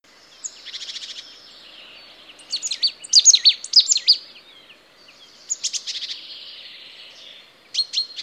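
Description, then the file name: Marsh tit calls: a harsh buzzy run of rapid notes, then a cluster of sharp, high, down-slurred notes, followed by more buzzy bursts and a final pair of sharp notes. "Poecile palustris"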